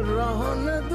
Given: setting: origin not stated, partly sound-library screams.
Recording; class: one-second piece from a danger detection set; normal situation